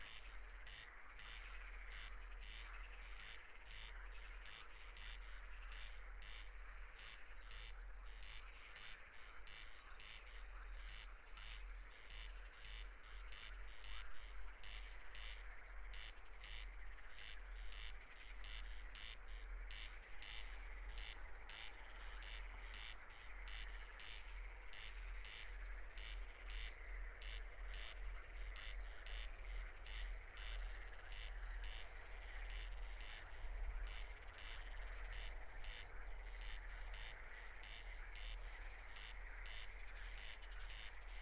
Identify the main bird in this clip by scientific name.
Crex crex